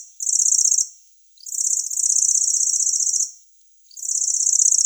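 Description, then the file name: Lanceolated warbler song in three high, buzzy reeling bursts of varying length with brief pauses between them. "Sverchok pjatnistyj"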